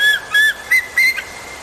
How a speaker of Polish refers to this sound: To orzeł.